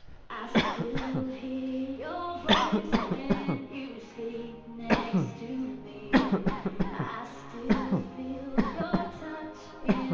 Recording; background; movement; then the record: voluntary coughing; music; sitting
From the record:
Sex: male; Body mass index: 20.5 kg/m2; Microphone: on the chest, facing outward